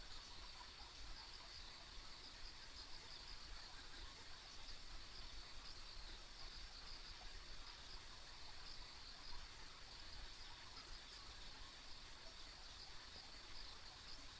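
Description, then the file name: Insects producing a continuous shrill chorus, level and unchanging from start to finish, over a low rumble. Ambient insect sounds recorded along a rural country road. "田舎道の虫の環境音"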